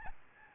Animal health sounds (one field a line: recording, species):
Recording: mosquito wingbeat signal from an infrared sensor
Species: Aedes albopictus